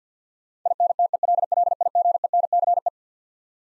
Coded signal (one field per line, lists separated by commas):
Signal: Morse code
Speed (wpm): 49 wpm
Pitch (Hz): 700 Hz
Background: none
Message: INTELLIGENCE